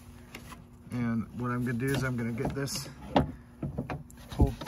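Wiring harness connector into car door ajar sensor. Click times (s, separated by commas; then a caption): 0.3 s. A wiring harness connector is plugged onto a replacement door ajar sensor inside a car door, giving a single sharp, short click at 0.4 s as it seats. Someone then talks, followed by several short knocks and handling sounds.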